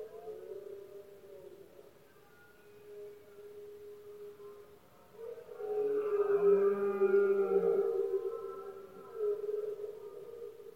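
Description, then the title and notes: Red deer bellowing: steady droning roars, then a louder, rougher bellow swelling for several seconds before easing off. Rutting season of male red deer in Spain, bellowing at night when surroundings are quietest; the rut and its calling are known as berrea or brama. "Paisaje sonoro: Berrea #04. La época de celo del ciervo se conoce comúnmente como “berrea del ciervo” o “brama del ciervo”. especialmente por la noche pues es cuando más silencio hay alrededor, los poderosos bramidos de los ciervos machos"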